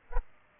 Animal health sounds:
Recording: mosquito wingbeat signal from an infrared sensor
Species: Aedes aegypti

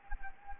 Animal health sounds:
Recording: mosquito wingbeat signal from an infrared sensor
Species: Anopheles gambiae

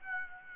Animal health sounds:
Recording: mosquito wingbeat signal from an infrared sensor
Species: Aedes aegypti

